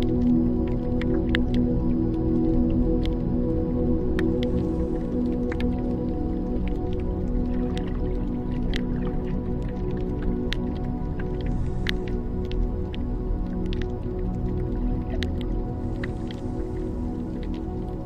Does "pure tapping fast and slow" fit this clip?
no